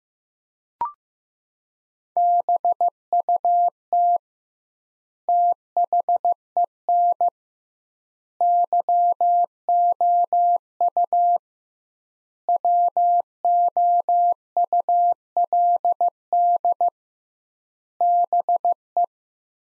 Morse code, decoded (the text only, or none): BUT THEN YOU WOULD BE